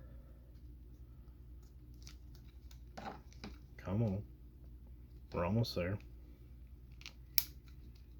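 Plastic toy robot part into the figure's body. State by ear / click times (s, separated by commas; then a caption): seated / 7.4 s. Someone talks while transforming a Magic Square MS-B18X Light of Justice Optimus Prime (metallic version), a small metallic-painted plastic robot figure, and pushes a plastic part into the figure's body amid light handling clicks. At 7.4 s a sharp, loud snap rings out as the part seats into place.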